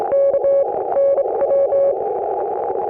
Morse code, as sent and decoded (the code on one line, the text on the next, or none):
-.- / -. .--
K NW